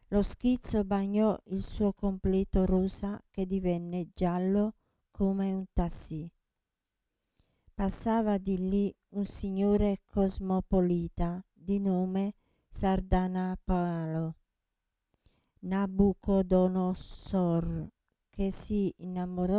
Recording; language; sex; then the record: read passage; Italian; female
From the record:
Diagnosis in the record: Parkinson's disease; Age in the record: 67 years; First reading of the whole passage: 79 s, 6.5 characters per second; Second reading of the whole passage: 74 s, 7.0 characters per second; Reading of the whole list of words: 72 s, 3.9 characters per second